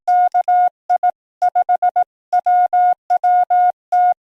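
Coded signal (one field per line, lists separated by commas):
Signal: Morse code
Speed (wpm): 18 wpm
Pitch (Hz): 720 Hz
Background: none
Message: KI5WWT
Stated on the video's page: Morse heard while hunting Parks on the Air stations.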